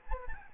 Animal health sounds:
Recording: mosquito wingbeat signal from an infrared sensor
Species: Aedes albopictus

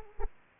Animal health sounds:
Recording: mosquito wingbeat signal from an infrared sensor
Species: Aedes aegypti

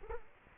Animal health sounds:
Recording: mosquito wingbeat signal from an infrared sensor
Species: Culex quinquefasciatus

